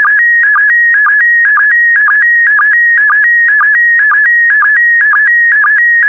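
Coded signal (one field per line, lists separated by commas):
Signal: SSTV (slow-scan television)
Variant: PD120 mode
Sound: warbling steady tones near 1.9 and 1.7 kHz with short low sync blips twice a second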